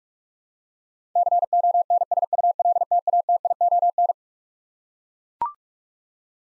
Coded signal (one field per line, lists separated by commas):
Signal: Morse code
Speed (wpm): 41 wpm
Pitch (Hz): 700 Hz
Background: none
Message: CONSULTATION